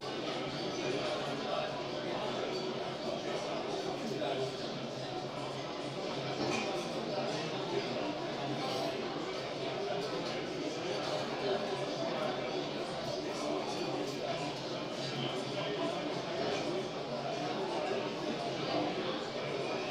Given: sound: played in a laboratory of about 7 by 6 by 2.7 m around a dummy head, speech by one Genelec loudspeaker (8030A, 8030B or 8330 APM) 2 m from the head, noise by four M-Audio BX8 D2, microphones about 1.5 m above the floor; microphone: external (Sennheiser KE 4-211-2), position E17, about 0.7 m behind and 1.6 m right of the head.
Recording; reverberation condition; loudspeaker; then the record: cafeteria noise; medium; four, about 170 cm from the corners of the room and facing them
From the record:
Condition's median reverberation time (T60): about 510 ms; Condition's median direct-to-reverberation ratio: about -0.5 dB